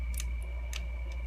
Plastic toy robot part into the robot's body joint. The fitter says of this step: this will clip in so you'll know you have it in once it starts clicking into place